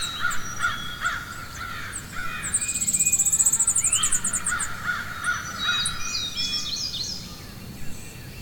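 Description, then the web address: Crow caws, harsh hoarse calls given in short clusters, mixed with high twittering and chirping of small birds and a soft background hiss. Forest ambience with crows and other birds chirping. "Wav Junction Sound Effects - Ambience. Ambience Forest Crows Birds Chirping"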